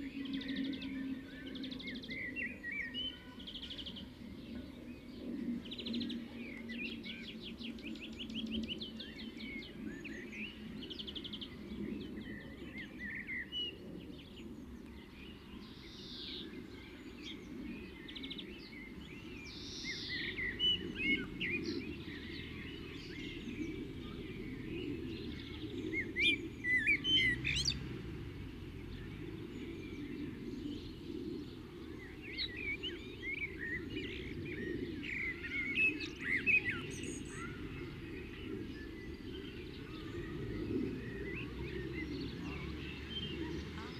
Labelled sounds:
European Greenfinch (Chloris chloris) song
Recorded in the wild
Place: Kaiserslautern, Rheinland-Pfalz, DE
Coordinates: 49.4283, 7.77889
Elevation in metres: 279
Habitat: garden
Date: 1975-05-08 11:30
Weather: sonnig, warm
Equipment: Nagra IV
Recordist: Tretzel, Erwin

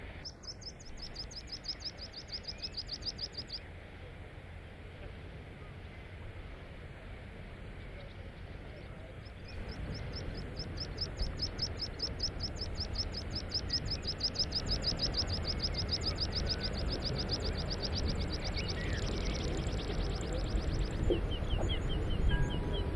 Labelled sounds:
Meadow Pipit (Anthus pratensis) song
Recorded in the wild
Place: Heiligenhafen, Schleswig-Holstein, DE
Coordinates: 54.37, 10.97
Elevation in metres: 14
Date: 1998-06-19
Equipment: Sony WM-D6C
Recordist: Skiba, Reinald
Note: Gesang

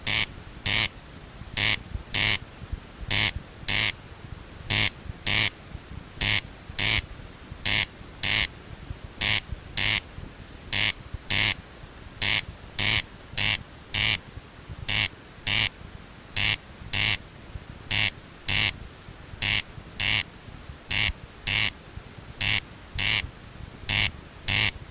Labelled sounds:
Corn Crake (Crex crex) call
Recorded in the wild
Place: Nieder-Ofleiden, DE
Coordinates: 50.7581, 8.97444
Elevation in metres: 220
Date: 1964-05-25 23:30
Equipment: Uher Report 4000, AKG D190
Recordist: Krey, Winfried

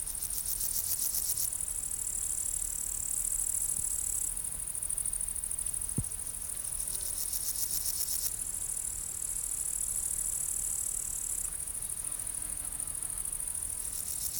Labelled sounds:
Great Green Bush-cricket (Tettigonia viridissima) stridulation
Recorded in the wild
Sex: male
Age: imago
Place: Treuchtlingen, Heumöderntal, Bayern, DE
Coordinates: 48.96, 10.91
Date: 1993-09-07 16:07
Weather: 20 °C, wolkig
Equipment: Marantz CP 430, Sennheiser MKH 416 T, Kopie Uher Variocord 263
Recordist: Tembrock, Günter

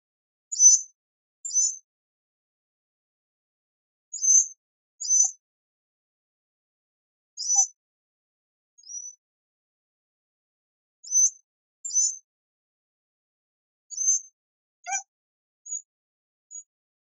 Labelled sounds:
Dhole (Cuon alpinus)
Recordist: Tembrock, Günter
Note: Rhythmisches Winseln

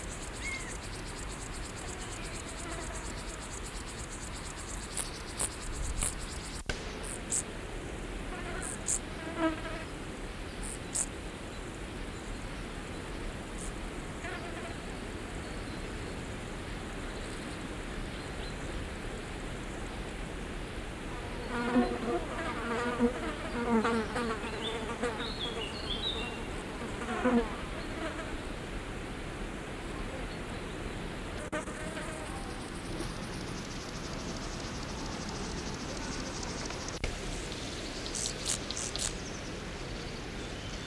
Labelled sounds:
Field Grasshopper (Chorthippus brunneus) stridulation
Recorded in the wild
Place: Blankenfelde, Berlin, DE
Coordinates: 52.625, 13.404
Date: 1992-07-19 11:24
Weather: wolkig - sonnig, 22°C, Wind
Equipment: Marantz CP 430, Sennheiser ME 80, Kopie Tesla B 116
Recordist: Tembrock, Günter

